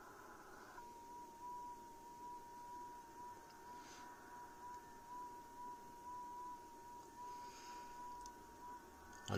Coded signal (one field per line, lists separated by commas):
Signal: FT8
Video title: FT8 anyone